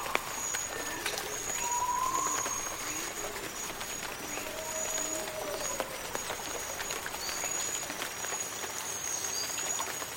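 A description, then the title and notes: Jungle swamp ambience with a steady high insect whine running throughout and a dense bed of rustling hiss. Short calls and chirps come and go, including a rising whistle near two seconds and a low droning call around five seconds. Jungle swamp ambience.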